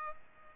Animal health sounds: mosquito wingbeat signal from an infrared sensor; Aedes aegypti

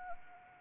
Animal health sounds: mosquito wingbeat signal from an infrared sensor; Anopheles arabiensis

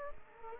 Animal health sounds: mosquito wingbeat signal from an infrared sensor; Culex quinquefasciatus

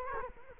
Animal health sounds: mosquito wingbeat signal from an infrared sensor; Culex quinquefasciatus

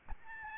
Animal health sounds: mosquito wingbeat signal from an infrared sensor; Aedes albopictus

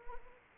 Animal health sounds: mosquito wingbeat signal from an infrared sensor; Anopheles arabiensis

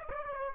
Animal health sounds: mosquito wingbeat signal from an infrared sensor; Aedes aegypti

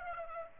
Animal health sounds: mosquito wingbeat signal from an infrared sensor; Aedes aegypti

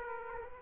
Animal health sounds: mosquito wingbeat signal from an infrared sensor; Aedes aegypti

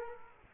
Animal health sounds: mosquito wingbeat signal from an infrared sensor; Culex quinquefasciatus

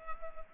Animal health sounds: mosquito wingbeat signal from an infrared sensor; Culex pipiens

